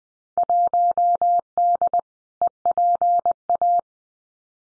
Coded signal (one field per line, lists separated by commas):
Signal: Morse code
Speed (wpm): 20 wpm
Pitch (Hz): 700 Hz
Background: none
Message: 1D EPA